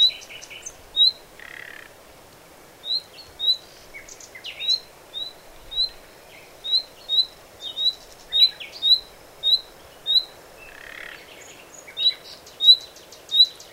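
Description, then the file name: Common nightingale calling persistently with upslurred whistles, interspersed with scratchy chips and two short harsh croaks, over a faint background hiss. "Luscinia megarhynchos"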